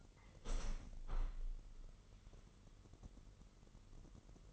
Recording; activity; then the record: daily activity, microphone in the room; open window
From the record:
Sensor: 4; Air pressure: 999.4 hPa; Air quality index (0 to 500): 109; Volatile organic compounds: 2 ppm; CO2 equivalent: 1077 ppm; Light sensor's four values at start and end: 13/32/13/14 and 13/32/13/14